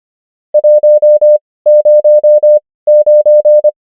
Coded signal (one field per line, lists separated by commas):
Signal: Morse code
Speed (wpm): 25 wpm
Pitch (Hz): 600 Hz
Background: none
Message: 109